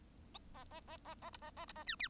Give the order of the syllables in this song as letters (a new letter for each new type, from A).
A A A A A B A A B A C D